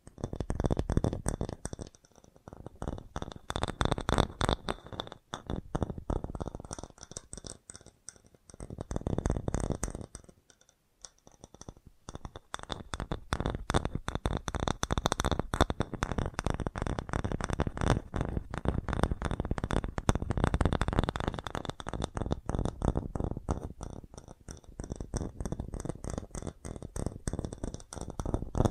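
Fast tapping runs almost the whole time as a dense stream of sharp clicks, too quick to count, each one crisp with a bright top. Brief pauses or softer stretches come near 2, 9 and 11 seconds before the rapid tapping resumes steadily.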